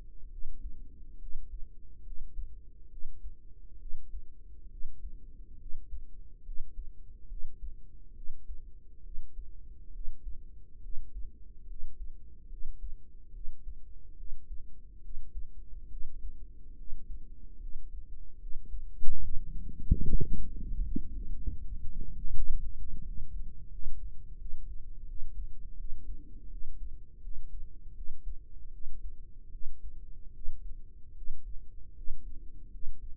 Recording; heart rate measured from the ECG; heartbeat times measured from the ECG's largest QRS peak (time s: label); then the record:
heart sounds by microphone in the right ear; 74 bpm
0.27 s: heartbeat
1.16 s: heartbeat
2.01 s: heartbeat
2.87 s: heartbeat
3.76 s: heartbeat
4.67 s: heartbeat
5.56 s: heartbeat
6.41 s: heartbeat
7.26 s: heartbeat
8.12 s: heartbeat
9.00 s: heartbeat
9.90 s: heartbeat
10.79 s: heartbeat
11.64 s: heartbeat
12.46 s: heartbeat
13.30 s: heartbeat
14.14 s: heartbeat
14.99 s: heartbeat
15.87 s: heartbeat
16.74 s: heartbeat
17.57 s: heartbeat
18.37 s: heartbeat
19.19 s: heartbeat
20.02 s: heartbeat
20.82 s: heartbeat
21.57 s: heartbeat
22.31 s: heartbeat
23.01 s: heartbeat
23.68 s: heartbeat
24.35 s: heartbeat
25.04 s: heartbeat
25.75 s: heartbeat
26.47 s: heartbeat
27.19 s: heartbeat
27.92 s: heartbeat
28.69 s: heartbeat
29.49 s: heartbeat
30.30 s: heartbeat
31.12 s: heartbeat
31.92 s: heartbeat
32.68 s: heartbeat
From the record:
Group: healthy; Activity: rest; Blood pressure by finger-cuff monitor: 116/63 mmHg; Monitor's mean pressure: 78 mmHg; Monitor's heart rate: 73 bpm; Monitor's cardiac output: 5.7 L/min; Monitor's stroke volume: 80 mL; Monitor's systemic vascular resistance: 990 dyn s/cm5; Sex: female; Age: 32 years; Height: 168 cm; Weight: 61.9 kg